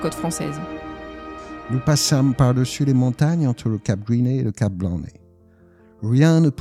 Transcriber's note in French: Voix d’acteur